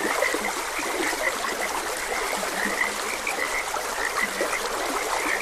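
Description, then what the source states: Frogs croaking together, rapid short notes and occasional low croaks overlapping, with a continuous stream burbling beneath. Frogs croaking beside a gentle stream.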